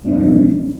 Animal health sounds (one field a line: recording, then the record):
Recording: squeal of a Yucatan mini pig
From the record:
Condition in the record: after surgery on the right vocal fold (resection and tissue-engineered implant)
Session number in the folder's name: 5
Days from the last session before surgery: 33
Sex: female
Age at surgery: 19 weeks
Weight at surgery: 25 kg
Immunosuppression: prednisolone